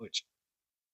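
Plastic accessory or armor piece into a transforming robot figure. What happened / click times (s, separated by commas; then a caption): No seating click yet; the part is only being handled / none. A plastic accessory or armor piece is being handled and fitted into the hand or armor of a Transformers Studio Series 86 Megatron transforming robot action figure. Someone briefly talks, then there is silence. Nothing has seated or clicked into place yet.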